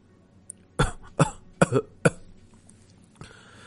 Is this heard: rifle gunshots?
no